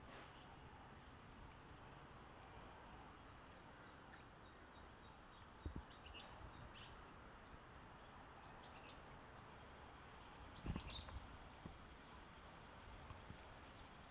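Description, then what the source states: Cicada (Platypleura brunea): cicada song, a continuous high-pitched drone that briefly breaks off near the end and then resumes, over faint scattered chirps and occasional low knocks. Recorded at Queenstown, Eastern Cape, South Africa.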